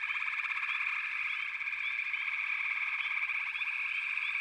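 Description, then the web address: Frogs calling together in a continuous buzzing chorus of rapid pulses, with brief rising chirps dotted on top. "The Natural Sounds of the Wilderness 10 CDs collection Echoes of Nature - Frog Chorus"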